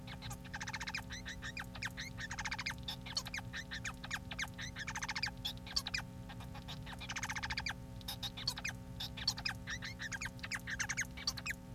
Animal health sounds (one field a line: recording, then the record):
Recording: song of a male Bengalese finch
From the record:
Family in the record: son of father 4